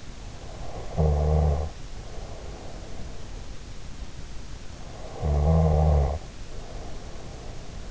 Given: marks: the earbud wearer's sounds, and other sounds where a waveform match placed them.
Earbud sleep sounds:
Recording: sounds in sleep by an in-ear microphone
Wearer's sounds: snoring breath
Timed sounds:
0.44-3.19 s: snoring breath
4.71-7.91 s: snoring breath

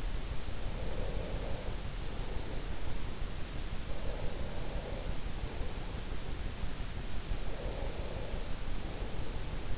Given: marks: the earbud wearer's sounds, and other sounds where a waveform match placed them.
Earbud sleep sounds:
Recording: sounds in sleep by an in-ear microphone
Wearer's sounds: breath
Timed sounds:
0.47-2.97 s: breath
3.84-6.29 s: breath
7.20-9.78 s: breath

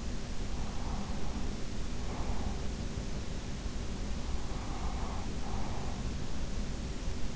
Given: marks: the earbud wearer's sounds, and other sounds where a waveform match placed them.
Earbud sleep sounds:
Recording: sounds in sleep by an in-ear microphone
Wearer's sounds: breath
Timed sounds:
0.53-2.94 s: breath
4.53-6.14 s: breath

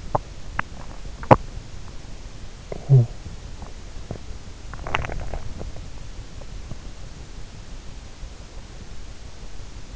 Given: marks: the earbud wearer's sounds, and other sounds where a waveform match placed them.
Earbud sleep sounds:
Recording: sounds in sleep by an in-ear microphone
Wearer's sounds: swallowing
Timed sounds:
0.00-1.51 s: swallowing
2.54-3.19 s: sound from someone else or the room
3.55-6.88 s: sound from someone else or the room

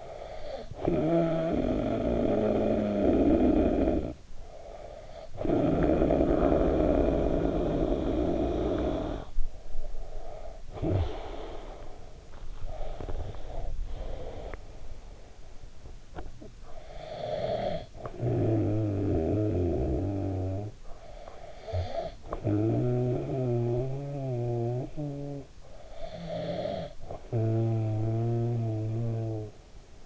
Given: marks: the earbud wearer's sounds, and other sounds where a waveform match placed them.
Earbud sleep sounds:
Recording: sounds in sleep by an in-ear microphone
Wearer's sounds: snoring breath, breath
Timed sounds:
0.50-4.34 s: snoring breath
5.32-12.36 s: snoring breath
12.36-15.62 s: breath
16.51-29.99 s: snoring breath

